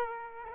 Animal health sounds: mosquito wingbeat signal from an infrared sensor; Aedes aegypti

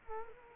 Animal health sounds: mosquito wingbeat signal from an infrared sensor; Culex quinquefasciatus

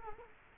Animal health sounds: mosquito wingbeat signal from an infrared sensor; Culex quinquefasciatus

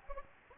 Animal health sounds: mosquito wingbeat signal from an infrared sensor; Anopheles gambiae

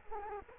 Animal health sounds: mosquito wingbeat signal from an infrared sensor; Culex quinquefasciatus

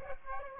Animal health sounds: mosquito wingbeat signal from an infrared sensor; Aedes aegypti

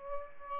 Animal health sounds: mosquito wingbeat signal from an infrared sensor; Aedes aegypti

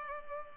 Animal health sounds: mosquito wingbeat signal from an infrared sensor; Culex pipiens

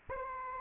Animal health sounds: mosquito wingbeat signal from an infrared sensor; Anopheles arabiensis

